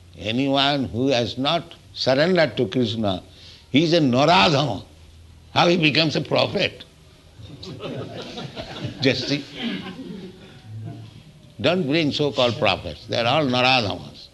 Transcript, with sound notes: Anyone who has not surrendered to Kṛṣṇa, he is a narādhama. How he becomes a prophet? [laughter] Just see. Don't bring so-called prophets. They are all narādhamas,